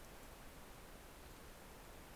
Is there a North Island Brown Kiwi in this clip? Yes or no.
no